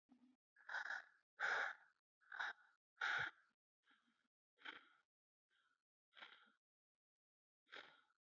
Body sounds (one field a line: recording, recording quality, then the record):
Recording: shallow breathing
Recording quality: excellent, no background noise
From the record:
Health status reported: healthy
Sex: female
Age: 25 years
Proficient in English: yes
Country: India